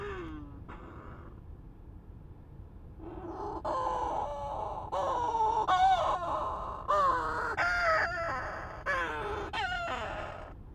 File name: Menorcan shearwater